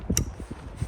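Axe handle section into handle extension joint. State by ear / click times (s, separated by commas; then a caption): seated / 0.2 s. An axe handle section is pushed into the handle extension joint of a take-down camp axe, joining the two handle sections. The stainless steel spring clips snap into their holes with a sharp click at 0.2 s, after a softer tap just before. The clips seat and the handle is locked together.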